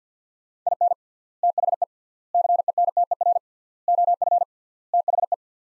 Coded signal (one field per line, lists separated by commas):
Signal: Morse code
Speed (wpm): 50 wpm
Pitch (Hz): 700 Hz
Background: none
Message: IN THE CENTER OF THE